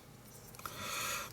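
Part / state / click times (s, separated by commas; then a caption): plastic model kit part into the starship hull section / partly seated / 0.7 s. A plastic part of a Star Trek Enterprise D starship model kit (Eaglemoss/Hero Collector, stage 17.4) is pressed into the hull section and gives a short, sharp click at 0.7 s, after a few faint taps. The part clicks in but the fit stays extremely loose, so it is to be held with super glue instead.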